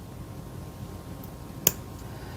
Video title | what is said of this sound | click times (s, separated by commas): JOINCO Snowy Night Moonlight Shadow Book Nook Complete Build and Review (Extended Version) | And these just should just kind of pop into place. | 1.7 s